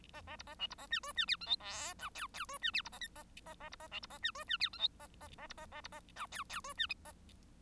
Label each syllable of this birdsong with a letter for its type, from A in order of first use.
A A B A C B A D E D F G H I J K K E D F B A L A A A B A C B A D E D F G H A A A B A A B A J K K E D